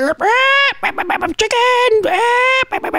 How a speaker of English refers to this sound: Chicken! I've got a chicken.